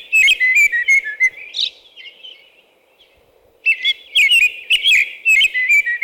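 American robin song: clear whistled caroling phrases, short and warbled, in two bursts separated by a pause; a steady low hum underneath.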